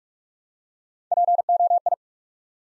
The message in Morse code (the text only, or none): POI